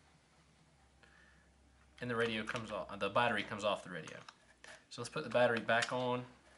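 A lithium-ion battery pack for a Vertex VX-450 series handheld two-way radio is handled as it goes back onto the back of the radio, which is done by pushing it down and sliding it up until it clicks. Someone talks over faint handling noise. Nothing has seated or clicked yet by the end of the clip.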